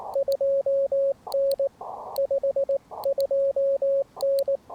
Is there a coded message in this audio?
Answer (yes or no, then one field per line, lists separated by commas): yes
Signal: Morse code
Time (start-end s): 0.2-4.6 s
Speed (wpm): 19 wpm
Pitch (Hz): 550 Hz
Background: radio noise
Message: 2N 52N